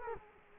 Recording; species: mosquito wingbeat signal from an infrared sensor; Culex quinquefasciatus